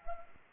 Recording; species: mosquito wingbeat signal from an infrared sensor; Anopheles arabiensis